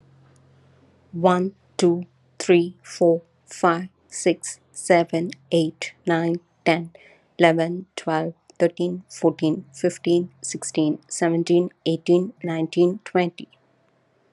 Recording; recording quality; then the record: counting at a normal pace; excellent, no background noise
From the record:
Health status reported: COVID-19 positive, mild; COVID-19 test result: positive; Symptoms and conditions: cough, fatigue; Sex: female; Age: 38 years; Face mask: not worn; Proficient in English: yes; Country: India